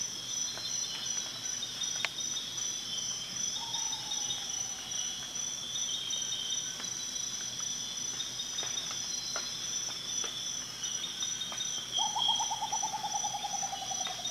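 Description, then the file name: Rufous potoo song: two slow descending whistles, the first faint and the second louder, over constant shrill insect buzzing and scattered clicks. "Canto do urutau ferrugem"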